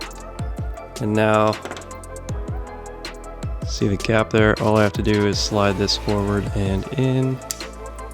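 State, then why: Not seated. An aluminum slide back plate is being positioned at the rear of a pistol slide, to be pushed forward and in along the slide's grooves over the plastic sleeve, while someone talks over background music with a few light ticks and handling taps. Nothing has seated or clicked yet.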